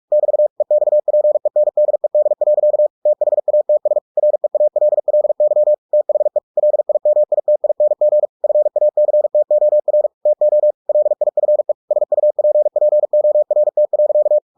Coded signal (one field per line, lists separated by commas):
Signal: Morse code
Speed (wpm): 46 wpm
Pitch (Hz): 600 Hz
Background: none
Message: <BT> EXPENDED. THATS REALLY THE LIMITING FACTOR TO LIFE SUPPORT.